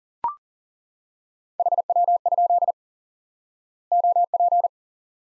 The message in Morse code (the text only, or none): HW? OP